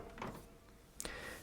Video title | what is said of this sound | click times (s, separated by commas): How to Use Your HP DeskJet 2827e Printer - Step by Step User Guide | and push it until it clicks. | 1.0 s